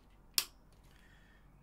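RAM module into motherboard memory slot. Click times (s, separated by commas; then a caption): 0.4 s. A desktop memory stick is reseated in a motherboard DIMM slot, and it gives a single sharp snap at 0.4 s as it clicks into place. A faint hum follows and no one speaks. The stick is confirmed seated, and the next test shows dual channel with both sticks detected.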